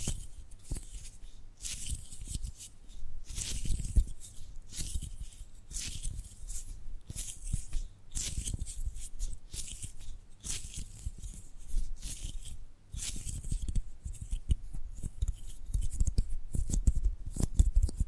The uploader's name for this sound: Tapping and Gripping Sounds